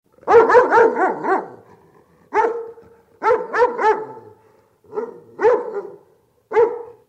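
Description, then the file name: Dog barking in several bursts of one to a few loud barks, separated by short pauses. "sobaka laet"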